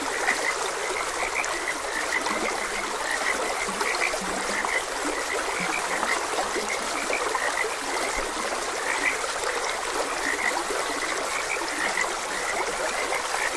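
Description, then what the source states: Frogs croaking continuously in a busy chorus while water trickles and rushes beneath. Frogs croaking beside a gentle stream.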